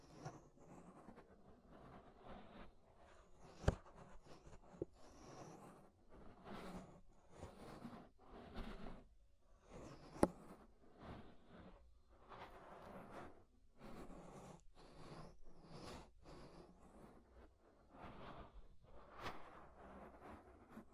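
Ear scraping sounds, a steady run of soft, crackly rubbing strokes that come and go every second or so, some reaching bright and hissy. Two sharp clicks stand out, near 4 and 10 seconds, over a faint low rumble.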